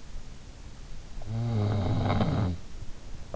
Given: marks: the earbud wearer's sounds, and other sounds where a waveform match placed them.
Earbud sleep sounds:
sounds in sleep by an in-ear microphone; snoring breath
1.00-3.01 s: snoring breath

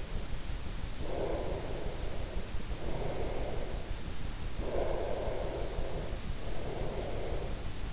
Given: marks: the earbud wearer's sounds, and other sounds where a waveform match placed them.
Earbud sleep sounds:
sounds in sleep by an in-ear microphone; breath
0.45-3.76 s: breath
4.51-7.93 s: breath

